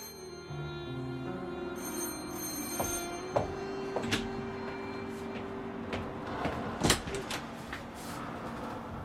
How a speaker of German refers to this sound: Achten Sie auf das schöne Geräusch der mechanischen Schreibmaschine und die wohlbekannten Darsteller der Charakterrollen.